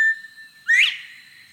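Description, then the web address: Northern Bobwhite whistle: the end of a level note cut off at the start, then a loud whistled note sweeping steeply upward. "BIRD NOTE. Bobwhite"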